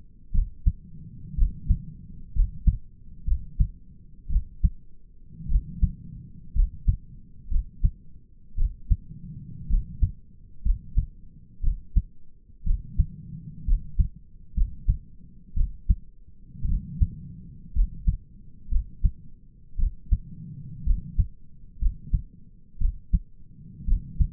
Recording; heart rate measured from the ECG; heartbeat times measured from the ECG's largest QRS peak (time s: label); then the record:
heart sounds by stethoscope; 59 bpm
0.34 s: heartbeat
1.38 s: heartbeat
2.35 s: heartbeat
3.27 s: heartbeat
4.30 s: heartbeat
5.49 s: heartbeat
6.55 s: heartbeat
7.51 s: heartbeat
8.58 s: heartbeat
9.70 s: heartbeat
10.65 s: heartbeat
11.63 s: heartbeat
12.66 s: heartbeat
13.67 s: heartbeat
14.56 s: heartbeat
15.56 s: heartbeat
16.68 s: heartbeat
17.75 s: heartbeat
18.71 s: heartbeat
19.78 s: heartbeat
20.86 s: heartbeat
21.81 s: heartbeat
22.80 s: heartbeat
23.87 s: heartbeat
From the record:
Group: healthy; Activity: rest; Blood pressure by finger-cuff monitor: 94/51 mmHg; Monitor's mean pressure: 66 mmHg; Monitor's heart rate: 59 bpm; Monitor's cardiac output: 6 L/min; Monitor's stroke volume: 99 mL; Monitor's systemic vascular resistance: 780 dyn s/cm5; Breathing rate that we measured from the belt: 16 breaths a minute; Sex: male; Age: 22 years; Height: 181 cm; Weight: 79 kg